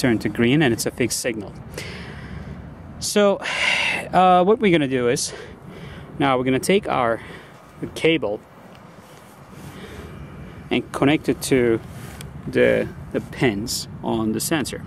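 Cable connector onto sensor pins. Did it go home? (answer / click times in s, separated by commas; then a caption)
no / none. A cable connector is picked up and brought toward the pins on a sensor, ready to be pushed on, while someone talks. Faint handling noise fills the pauses between speech. The connector has not seated or clicked yet.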